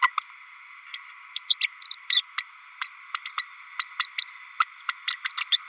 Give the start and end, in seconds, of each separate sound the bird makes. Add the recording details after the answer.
0.01-0.11, 0.94-0.99, 1.35-1.42, 1.49-1.55, 1.60-1.67, 1.82-1.86, 1.90-1.96, 2.10-2.22, 2.38-2.45, 2.81-2.90, 3.14-3.21, 3.25-3.30, 3.38-3.46, 3.79-3.86, 3.99-4.07, 4.18-4.25, 4.59-4.66, 4.88-4.94, 5.07-5.16, 5.24-5.33, 5.37-5.44, 5.51-5.59. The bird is a female. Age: 32 days. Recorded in a nest box in Venezuela. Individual 17B32A5